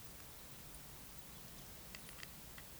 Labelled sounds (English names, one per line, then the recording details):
Eurasian Woodcock whistle
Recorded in Baden-Württemberg, Germany, on 11 June 2021 at 20:08 UTC
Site 24606, 635 m above sea level